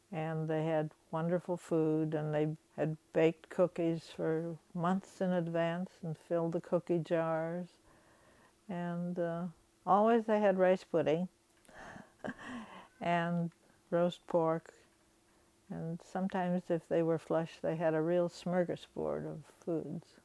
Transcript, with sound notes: And they had wonderful food and they had baked cookies for months in advance and filled the cookie jars. And always they had rice pudding (she laughs) and roast pork. And sometimes, if they were flush, they have a real smorgasbord of foods.